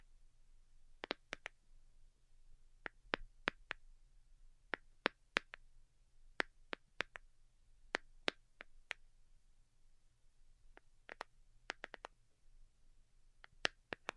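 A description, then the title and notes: Delicate tapping: sharp, crisp little clicks in loose, irregular clusters, some landing in quick pairs or triplets, with a short pause around the ninth to tenth second. A faint low hum runs steadily underneath, and otherwise the background stays quiet. ASMR DELICATE Tapping for Sleep (No Talking).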